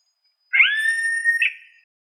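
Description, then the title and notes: Yellow-headed caracara giving a single drawn-out call that rises, then levels into a long whine, with a faint steady high tone behind. "Carrapateiro Yellow-headed Caracara (Milvago chimachima)"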